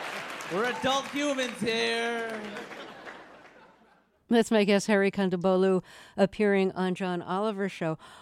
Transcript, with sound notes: We're adult humans here.
(APPLAUSE, LAUGHTER)
That's my guest Hari Kondabolu, appearing on John Oliver's show.